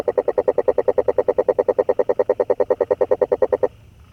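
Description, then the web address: Frog's rapid pulsed croak runs evenly for several seconds, then cuts off into quiet. Recorded 25 January 2022. "frog 20220125"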